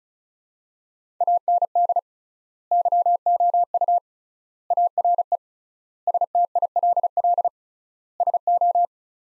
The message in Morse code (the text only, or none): AND YOU ARE STILL SO